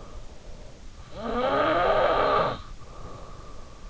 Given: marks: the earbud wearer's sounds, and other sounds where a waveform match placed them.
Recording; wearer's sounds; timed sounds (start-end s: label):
sounds in sleep by an in-ear microphone; snoring breath
0.65-3.22 s: snoring breath